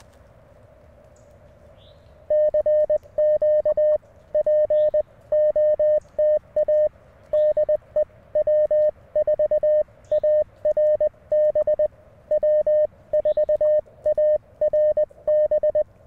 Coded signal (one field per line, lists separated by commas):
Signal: Morse code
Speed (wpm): 20 wpm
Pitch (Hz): 590 Hz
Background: none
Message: CQ POTA DE W4ARB W4ARB